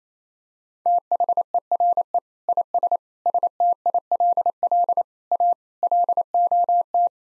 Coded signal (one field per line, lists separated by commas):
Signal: Morse code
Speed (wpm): 27 wpm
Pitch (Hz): 700 Hz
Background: none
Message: THERE IS STILL A LOT